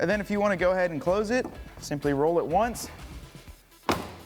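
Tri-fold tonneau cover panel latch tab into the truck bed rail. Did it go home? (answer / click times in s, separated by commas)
yes / 3.9 s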